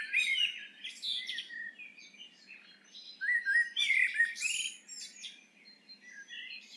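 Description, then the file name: Eurasian blackbird singing mellow, fluty warbled phrases that break into high, scratchy twittering, several bursts throughout with short pauses between them. "Turdus merula"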